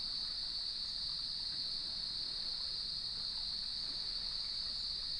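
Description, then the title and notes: Unbroken cricket chorus, a thin high ringing trill at constant pitch. Evening chorus at sunset on the beach of Lighthouse West Natural Area, Leelanau Peninsula, beside gnarled cedar trees with waves in the background. "Sounds of Leelanau Peninsula: Lighthouse West Natural Area. As I approached the beach, the sun was just setting, and the crickets made themselves known. Nature is my Jam"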